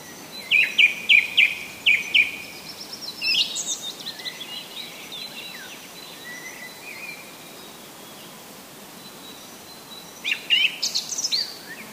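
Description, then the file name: Common blackbird singing: four evenly repeated notes, then varied phrases, a quieter stretch, and a burst of high scratchy twittering near the end. "svarttrost"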